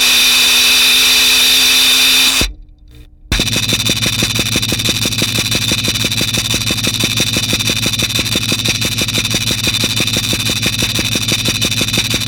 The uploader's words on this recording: Film tins filled with objects including nails, tacks, ball bearings and other miscellaneous objects. The film tins were then equipped with piezo microphones plugged into amps then placed atop upward facing speakers. The output was then captured by the microphones and piezos mixed by the second mixer and recorded by the reel-to-reel.